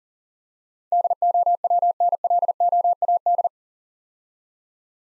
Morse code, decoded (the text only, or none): DOWNLOAD